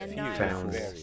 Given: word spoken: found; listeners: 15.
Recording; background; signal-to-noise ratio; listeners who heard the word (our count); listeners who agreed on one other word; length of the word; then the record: one English word in noise, from a listening test; four-talker babble; -0.5 dB; 3 of 15; 8 of 15; 0.63 s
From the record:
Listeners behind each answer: 8, 3, 1, 1, 1, 1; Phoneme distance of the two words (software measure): 17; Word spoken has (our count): 1 syllable, 4 phonemes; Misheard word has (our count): 1 syllable, 3 phonemes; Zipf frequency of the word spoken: 5.58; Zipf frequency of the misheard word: 5.24